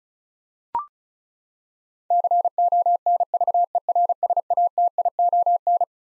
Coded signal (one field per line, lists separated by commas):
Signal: Morse code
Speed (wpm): 36 wpm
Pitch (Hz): 700 Hz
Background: none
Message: CONVERSATION